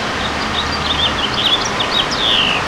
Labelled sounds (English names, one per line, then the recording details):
House Finch song
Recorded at Patchogue on Long Island, New York, on 21 June 2013
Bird G